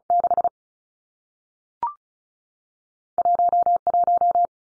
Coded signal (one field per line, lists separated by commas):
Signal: Morse code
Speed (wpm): 36 wpm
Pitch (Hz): 700 Hz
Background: none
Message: 6 1 1